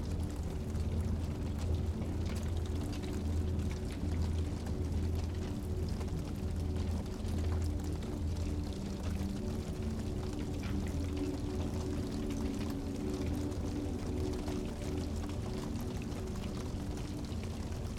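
A fire crackles steadily with dense, close snaps and pops throughout, over soft, sustained low music tones that hold beneath it.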